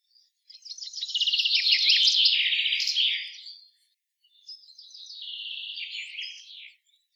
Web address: oiseaux chant pinson des arbres